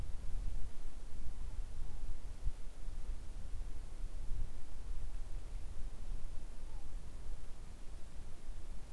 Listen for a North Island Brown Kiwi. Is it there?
no